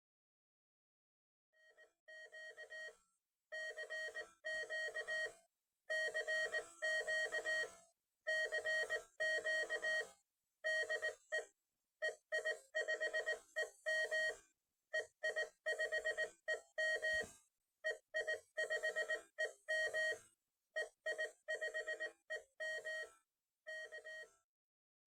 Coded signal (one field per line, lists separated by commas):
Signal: Morse code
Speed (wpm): 18 wpm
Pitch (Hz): 1900 Hz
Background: music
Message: Q CQ CQ CQ DE EI5EM EI5EM EI5EM EI5EM K